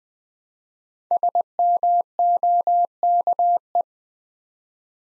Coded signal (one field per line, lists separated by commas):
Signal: Morse code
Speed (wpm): 20 wpm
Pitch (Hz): 700 Hz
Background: none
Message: SMOKE